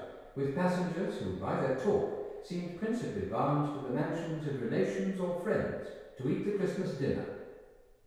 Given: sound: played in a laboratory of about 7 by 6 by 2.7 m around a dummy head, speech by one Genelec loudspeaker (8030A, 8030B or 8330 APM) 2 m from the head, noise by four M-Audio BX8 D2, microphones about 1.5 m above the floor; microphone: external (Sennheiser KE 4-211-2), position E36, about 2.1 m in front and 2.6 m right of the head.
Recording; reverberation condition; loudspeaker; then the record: male speech in English; high; 120 degrees to the right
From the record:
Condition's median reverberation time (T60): about 1300 ms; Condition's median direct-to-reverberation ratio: about -4.0 dB